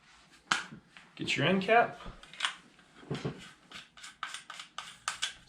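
Someone talks while the metal magazine end cap of a Benelli Nova pump shotgun is screwed back onto the magazine tube over the barrel ring. Sharp detent clicks are heard at 4.2, 4.8 and 5.1 seconds, with fainter ticks between them, as it is tightened. The end cap ends up seated.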